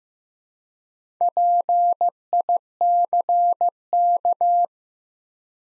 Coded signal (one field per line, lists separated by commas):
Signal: Morse code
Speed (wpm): 15 wpm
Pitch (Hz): 700 Hz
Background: none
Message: PICK